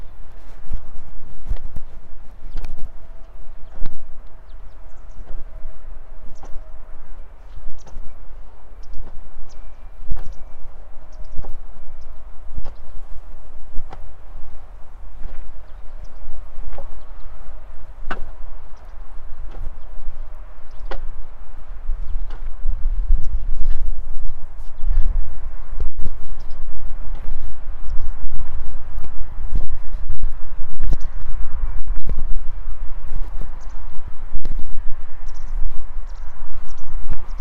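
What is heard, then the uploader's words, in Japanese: Hilling soil around potato plants with a hoe: sharp thuds and scrapes land every second or two, fairly regular throughout. A steady low rumble runs underneath with a faint hum in the first twenty seconds, and the strikes grow louder and denser after about twenty-five seconds. じゃがいもの中耕とクワで土寄せ。20℃\\10℃/晴れ。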